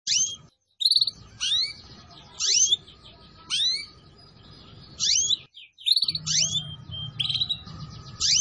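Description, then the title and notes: Atlantic canary song of short bright phrases with rising whistled sweeps and buzzy bursts, separated by brief pauses. Song used as a lure to attract birds. "Pikat Burung Baru. kenari"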